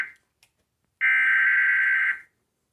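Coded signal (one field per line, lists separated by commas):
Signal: Emergency Alert System (SAME) tones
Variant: header bursts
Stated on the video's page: Real EAS Severe Thunderstorm Warning carried on Spectrum Cable in Akron, Ohio.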